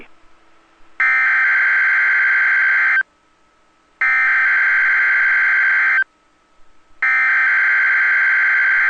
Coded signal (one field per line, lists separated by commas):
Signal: Emergency Alert System (SAME) tones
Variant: header bursts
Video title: 1/26/22 - WNG676 Required Weekly Test (EAS #346)